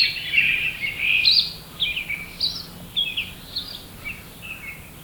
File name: Dumetella carolinensis - Grey Catbird